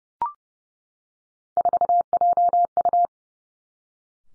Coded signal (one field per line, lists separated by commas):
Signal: Morse code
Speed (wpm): 31 wpm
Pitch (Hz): 700 Hz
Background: none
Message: 4JU